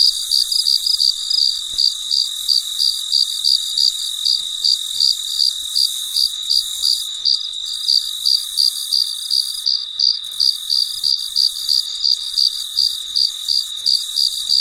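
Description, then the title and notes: Cricket chirping in a long even series, shrill pulses about three each second, over a steady high hum. Recorded late at night; the night is described as very quiet. "深夜录制蟋蟀昆虫声. 深夜 很安静"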